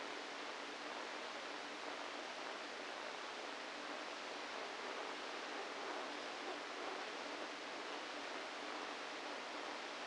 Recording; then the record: brain microelectrode recording played as sound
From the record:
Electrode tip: inside the subthalamic nucleus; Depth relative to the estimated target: 1 mm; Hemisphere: right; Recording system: NeuroSet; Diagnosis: Parkinson's disease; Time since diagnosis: 7 years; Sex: female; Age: 68 years